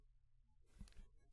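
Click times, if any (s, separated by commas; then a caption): 0.9 s. A keg coupler is lined up with its teeth on a keg in a Great Northern Popcorn kegerator and pressed down on the unit body, not the handle. A burst of broadband rustling and handling noise rises, with a single short, sharp click at 0.9 s. The coupler secures and locks into place on the keg.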